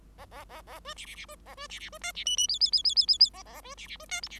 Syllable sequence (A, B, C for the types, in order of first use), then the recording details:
A A A A B C C C B A B C C B D C E E F F F F F F F A A B C C B D G C. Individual Bird5